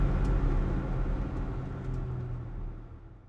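A heavy bus engine rumbles low and steady, its drone slowly fading as a bus carrying troops pulls away, with no voices over the sound.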